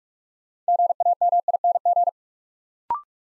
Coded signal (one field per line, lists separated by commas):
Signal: Morse code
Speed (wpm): 44 wpm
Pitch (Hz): 700 Hz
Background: none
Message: GAMING